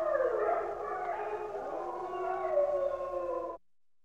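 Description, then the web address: Wolf: wolves howling together in a dense chorus of overlapping wavering tones, some sliding up and down, that stops abruptly near the end. Large pack of wolves howling together. "wolves pack of wolves howling large pack animal wolf"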